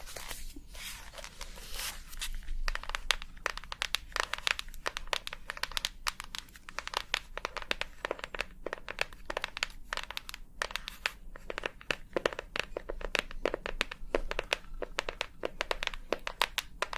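Tapping goes on for the whole stretch as a dense, uneven run of quick, sharp clicks, some louder and brighter than others, with a slightly busier patch from about three seconds on. A steady low hum and a faint thin tone sit underneath throughout.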